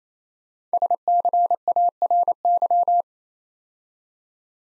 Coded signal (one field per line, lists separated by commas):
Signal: Morse code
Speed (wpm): 27 wpm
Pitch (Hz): 700 Hz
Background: none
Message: SCARY